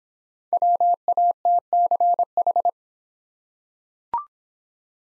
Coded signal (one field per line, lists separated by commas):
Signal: Morse code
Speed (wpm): 26 wpm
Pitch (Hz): 700 Hz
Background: none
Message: WATCH